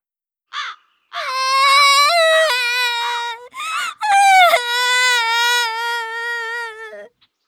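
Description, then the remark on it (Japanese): A young girl crying in a park, from the drama CD "Puyo Puyo" Vol.3, wails in long, high-pitched crying bursts, her voice strained and quavering with a brief gasp between loud sobs, with no other talk. “ターゲット、公園で泣いている女の子に声をかけました。”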